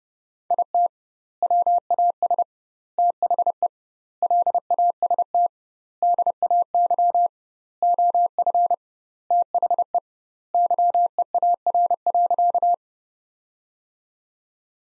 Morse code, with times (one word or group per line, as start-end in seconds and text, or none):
0.5-0.9 IT
1.4-2.4 WAS
3.0-3.7 THE
4.2-5.5 LAST
6.0-7.3 DAY
7.8-8.7 OF
9.3-10.0 THE
10.5-12.7 YEAR.